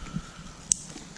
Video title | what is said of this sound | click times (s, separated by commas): Exhaust install | Second one snaps right in. | 0.7 s